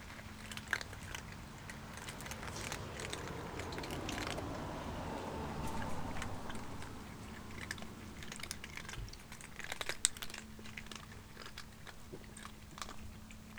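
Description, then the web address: Domestic cat chewing and crunching food, with irregular biting clicks and a low steady hum. Cat at feeding time; 3 December 2009. "donna Cat Feeding"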